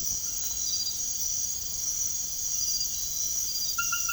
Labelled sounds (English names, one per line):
none